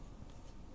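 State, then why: Not seated. A SO-DIMM RAM module is handled at a W650EH laptop's memory slot, on its way into the slot and down into the retaining clips. Only a steady low rumble and faint handling noise are heard, with no sharp hits. Nothing has seated or clicked yet.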